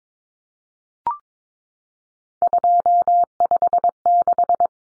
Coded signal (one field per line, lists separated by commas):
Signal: Morse code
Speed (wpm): 22 wpm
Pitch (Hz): 700 Hz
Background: none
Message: 256